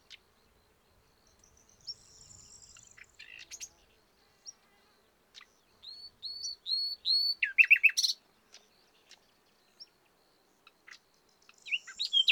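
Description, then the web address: Common nightingale song: a thin whistle, then repeated swelling whistled notes building into a loud rapid rattle, and another quick phrase at the end. "SETE Luscinia megarhynchos"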